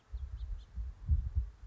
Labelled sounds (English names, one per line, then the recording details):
House Finch
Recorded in Sonoma County, California